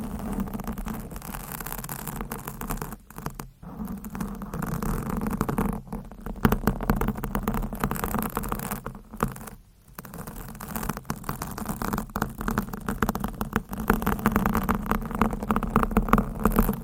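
Dense scratching and rubbing runs almost without pause, a gritty hiss with a steady low hum beneath it. Quick tapping and brushing strokes stack up densely, broken by a few brief silences near 3.5, 6 and 9–10 seconds.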